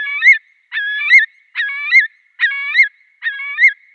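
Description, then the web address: Eurasian curlew repeating a clear whistled call that ends on a rising upward note, five times in four seconds, evenly spaced. "Schulze Peter Eurasian Curlew calls"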